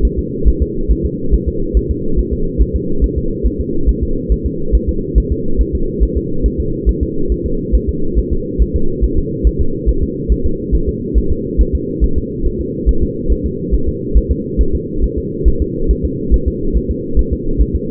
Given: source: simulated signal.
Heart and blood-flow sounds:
fetal heart sounds
0.05 s: S1
0.19 s: S2
0.48 s: S1
0.62 s: S2
0.91 s: S1
1.06 s: S2
1.34 s: S1
1.48 s: S2
1.77 s: S1
1.91 s: S2
2.19 s: S1
2.33 s: S2
2.62 s: S1
2.76 s: S2
3.04 s: S1
3.18 s: S2
3.46 s: S1
3.60 s: S2
3.89 s: S1
4.03 s: S2
4.32 s: S1
4.46 s: S2
4.75 s: S1
4.89 s: S2
5.18 s: S1
5.32 s: S2
5.61 s: S1
5.75 s: S2
6.03 s: S1
6.17 s: S2
6.46 s: S1
6.60 s: S2
6.89 s: S1
7.03 s: S2
7.32 s: S1
7.46 s: S2
7.75 s: S1
7.89 s: S2
8.19 s: S1
8.33 s: S2
8.62 s: S1
8.76 s: S2
9.04 s: S1
9.19 s: S2
9.47 s: S1
9.61 s: S2
9.89 s: S1
10.03 s: S2
10.32 s: S1
10.46 s: S2
10.75 s: S1
10.89 s: S2
11.18 s: S1
11.32 s: S2
11.61 s: S1
11.75 s: S2
12.04 s: S1
12.18 s: S2
12.47 s: S1
12.61 s: S2
12.89 s: S1
13.03 s: S2
13.32 s: S1
13.46 s: S2
13.74 s: S1
13.88 s: S2
14.17 s: S1
14.31 s: S2
14.61 s: S1
14.75 s: S2
15.04 s: S1
15.18 s: S2
15.48 s: S1
15.62 s: S2
15.91 s: S1
16.05 s: S2
16.34 s: S1
16.48 s: S2
16.77 s: S1
16.91 s: S2
17.19 s: S1
17.33 s: S2
17.61 s: S1
17.75 s: S2
From the record:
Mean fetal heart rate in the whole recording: 140 bpm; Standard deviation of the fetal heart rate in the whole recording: 2 bpm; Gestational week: 34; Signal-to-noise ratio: -8.1 dB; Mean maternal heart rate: 72 bpm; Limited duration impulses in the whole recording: present

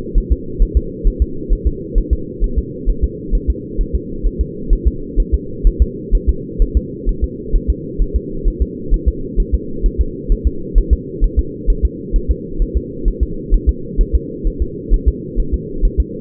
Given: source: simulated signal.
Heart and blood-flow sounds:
fetal heart sounds
0.18 s: S1
0.32 s: S2
0.62 s: S1
0.77 s: S2
1.07 s: S1
1.22 s: S2
1.53 s: S1
1.67 s: S2
1.98 s: S1
2.13 s: S2
2.44 s: S1
2.58 s: S2
2.89 s: S1
3.04 s: S2
3.35 s: S1
3.50 s: S2
3.81 s: S1
3.95 s: S2
4.27 s: S1
4.41 s: S2
4.73 s: S1
4.88 s: S2
5.20 s: S1
5.34 s: S2
5.67 s: S1
5.82 s: S2
6.15 s: S1
6.29 s: S2
6.62 s: S1
6.77 s: S2
7.09 s: S1
7.24 s: S2
7.56 s: S1
7.70 s: S2
8.02 s: S1
8.16 s: S2
8.48 s: S1
8.62 s: S2
8.94 s: S1
9.08 s: S2
9.40 s: S1
9.55 s: S2
9.86 s: S1
10.01 s: S2
10.32 s: S1
10.47 s: S2
10.78 s: S1
10.93 s: S2
11.24 s: S1
11.39 s: S2
11.70 s: S1
11.85 s: S2
12.16 s: S1
12.31 s: S2
12.62 s: S1
12.77 s: S2
13.08 s: S1
13.23 s: S2
13.54 s: S1
13.69 s: S2
14.01 s: S1
14.15 s: S2
14.47 s: S1
14.62 s: S2
14.94 s: S1
15.08 s: S2
15.40 s: S1
15.54 s: S2
15.85 s: S1
16.00 s: S2
From the record:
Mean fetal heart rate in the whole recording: 130 bpm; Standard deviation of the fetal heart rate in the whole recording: 4 bpm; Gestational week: 38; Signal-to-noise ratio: -4.3 dB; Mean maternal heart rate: 72 bpm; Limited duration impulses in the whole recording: absent

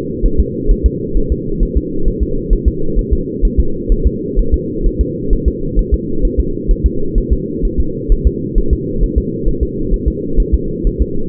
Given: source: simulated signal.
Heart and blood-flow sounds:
fetal heart sounds
0.25 s: S1
0.40 s: S2
0.71 s: S1
0.86 s: S2
1.17 s: S1
1.32 s: S2
1.63 s: S1
1.77 s: S2
2.08 s: S1
2.23 s: S2
2.53 s: S1
2.68 s: S2
2.99 s: S1
3.13 s: S2
3.45 s: S1
3.60 s: S2
3.92 s: S1
4.07 s: S2
4.39 s: S1
4.54 s: S2
4.87 s: S1
5.01 s: S2
5.33 s: S1
5.48 s: S2
5.79 s: S1
5.94 s: S2
6.25 s: S1
6.40 s: S2
6.71 s: S1
6.86 s: S2
7.18 s: S1
7.33 s: S2
7.65 s: S1
7.80 s: S2
8.12 s: S1
8.27 s: S2
8.58 s: S1
8.73 s: S2
9.04 s: S1
9.18 s: S2
9.48 s: S1
9.63 s: S2
9.94 s: S1
10.08 s: S2
10.40 s: S1
10.54 s: S2
10.87 s: S1
11.02 s: S2
From the record:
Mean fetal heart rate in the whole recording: 130 bpm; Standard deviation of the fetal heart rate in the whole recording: 4 bpm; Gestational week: 38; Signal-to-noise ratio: -8.1 dB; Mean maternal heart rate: 72 bpm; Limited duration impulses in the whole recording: absent

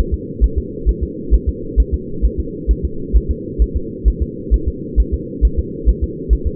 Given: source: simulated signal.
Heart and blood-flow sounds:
fetal heart sounds
0.14 s: S2
0.44 s: S1
0.58 s: S2
0.89 s: S1
1.03 s: S2
1.34 s: S1
1.49 s: S2
1.80 s: S1
1.94 s: S2
2.25 s: S1
2.40 s: S2
2.71 s: S1
2.85 s: S2
3.16 s: S1
3.31 s: S2
3.62 s: S1
3.76 s: S2
4.08 s: S1
4.22 s: S2
4.54 s: S1
4.68 s: S2
5.00 s: S1
5.14 s: S2
5.45 s: S1
5.59 s: S2
5.89 s: S1
6.04 s: S2
6.33 s: S1
6.47 s: S2
From the record:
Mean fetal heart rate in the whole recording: 135 bpm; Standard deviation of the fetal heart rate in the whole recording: 3 bpm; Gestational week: 34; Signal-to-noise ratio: -4.3 dB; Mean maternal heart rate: 72 bpm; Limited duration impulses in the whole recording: absent

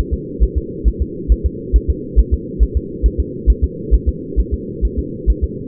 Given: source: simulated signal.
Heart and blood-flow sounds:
fetal heart sounds
0.14 s: S2
0.43 s: S1
0.58 s: S2
0.88 s: S1
1.02 s: S2
1.32 s: S1
1.46 s: S2
1.76 s: S1
1.90 s: S2
2.19 s: S1
2.34 s: S2
2.63 s: S1
2.77 s: S2
3.06 s: S1
3.20 s: S2
3.50 s: S1
3.64 s: S2
3.94 s: S1
4.09 s: S2
4.40 s: S1
4.54 s: S2
4.85 s: S1
4.99 s: S2
5.30 s: S1
5.44 s: S2
From the record:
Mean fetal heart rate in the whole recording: 135 bpm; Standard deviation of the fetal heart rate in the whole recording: 3 bpm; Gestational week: 34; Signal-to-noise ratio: -4.1 dB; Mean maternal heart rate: no maternal heart sound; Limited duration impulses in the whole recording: absent

